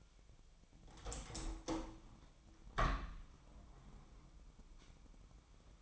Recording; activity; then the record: daily activity, microphone in the room; open window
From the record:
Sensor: 1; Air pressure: 1006.4 hPa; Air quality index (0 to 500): 207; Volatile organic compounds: 23 ppm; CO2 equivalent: 2784 ppm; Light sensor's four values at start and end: 11/30/11/13 and 12/32/12/14